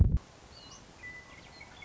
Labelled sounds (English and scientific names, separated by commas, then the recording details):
Western Meadowlark (Sturnella neglecta)
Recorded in Sonoma County, California